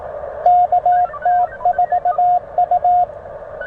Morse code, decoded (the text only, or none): KT4U